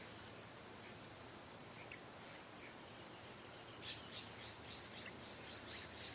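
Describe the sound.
Cicada song: high pulses at an uneven pace, overlapped in the second half by bursts of bird chirping.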